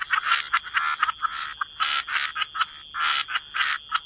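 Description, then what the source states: Frogs croaking in short regular bursts, several each second, each burst with a bright raspy tone, over a thin steady hiss. Frog chorus.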